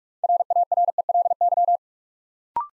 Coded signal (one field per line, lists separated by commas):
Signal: Morse code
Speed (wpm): 44 wpm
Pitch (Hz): 700 Hz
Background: none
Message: RARELY